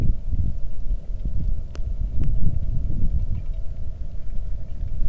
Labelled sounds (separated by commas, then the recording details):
wind, rain
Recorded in the Arctic National Wildlife Refuge, Alaska, on 3 August 2019 at 09:00
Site 46